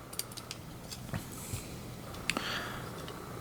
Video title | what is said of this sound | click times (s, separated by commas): Set Review: 71311 Kopaka and Melum Unity Set | a couple extra studs here and there luckily they snap right in | 0.2 s, 2.3 s